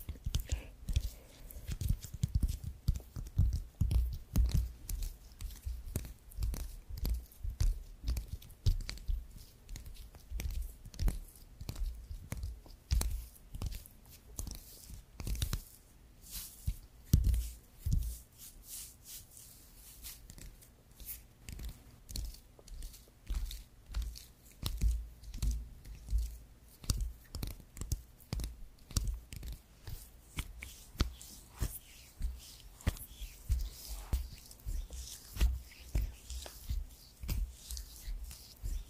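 Creamy products worked by hand during a massage, with a dense, continuous run of wet, sticky smacks and squelches throughout. The quick clicks come in uneven bursts, heavier around 3–5 and 15–18 seconds, over soft low thumps and a faint hiss.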